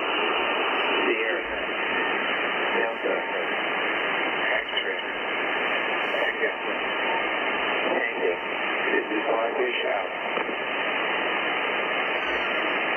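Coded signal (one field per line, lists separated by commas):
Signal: coded military voice message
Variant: USAF EAM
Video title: USAF Global EAM- Emergency Action Message. 8992 KHZ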